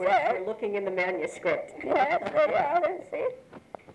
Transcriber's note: chuckles